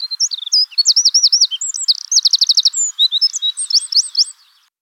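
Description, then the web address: Eurasian wren singing a loud, hurried stream of shrill notes, rattling trills and looping whistles, sustained for about four seconds before stopping. Recorded at Wiesloch. "Wiesloch Zaunkönig Gesang"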